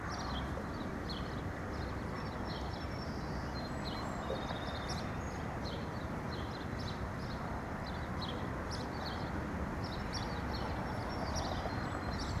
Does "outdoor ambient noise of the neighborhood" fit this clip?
yes